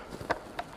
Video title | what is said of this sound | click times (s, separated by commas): Megane 3 RS🔥Échangeur gros volume et durites ✅Passage au banc de puissance👌 | voilà donc là on a la petite encoche qui vient se clipser tac | 0.3 s